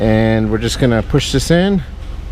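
Someone talks while holding color-matched plastic wiring connectors, green to green and gray to gray, ready to push them into the steering wheel harness during a Civic Type-R steering wheel install, with a steady low hum underneath. The clip ends before the connectors go home, so nothing has seated or clicked yet.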